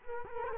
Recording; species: mosquito wingbeat signal from an infrared sensor; Culex quinquefasciatus